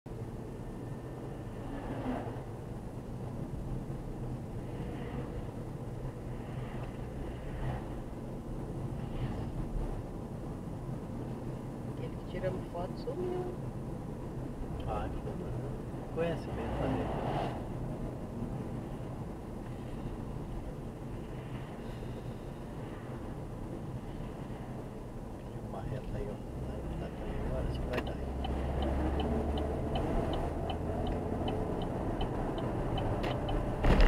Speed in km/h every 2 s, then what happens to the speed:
42, 41, 44, 47, 46, 46, 45, 46, 46, 46, 46, 46, 46, 51, 61, 72, 79.
0-24 steady at about 46. 24-34 speeds up to 79.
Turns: none.